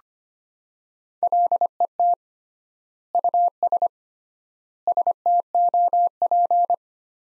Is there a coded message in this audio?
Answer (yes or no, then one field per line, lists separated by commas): yes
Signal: Morse code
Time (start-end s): 1.2-6.7 s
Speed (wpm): 25 wpm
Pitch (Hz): 700 Hz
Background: none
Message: LET US STOP